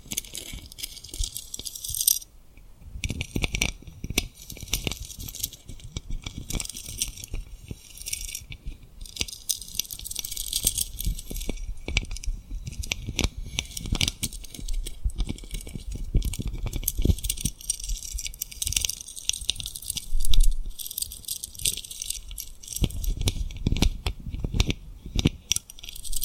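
Tapping and rubbing on rhinestones, a dense run of small crisp clicks and scratchy rustles that goes on almost without pause. A short quiet gap comes near the start, and soft low thumps rise and fall underneath, stronger around 20 and 24 seconds.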